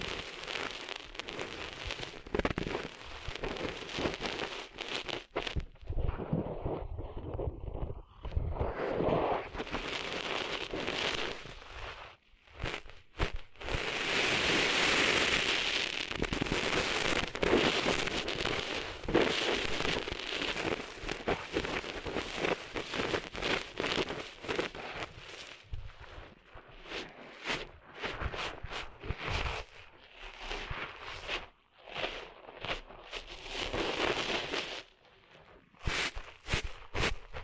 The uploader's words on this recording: ASMR Cleaning Sand Out of Your Ears (No Talking).